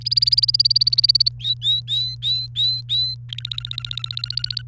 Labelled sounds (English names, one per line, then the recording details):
Domestic Canary song
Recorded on 29 April 2018 at 16:02
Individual llb3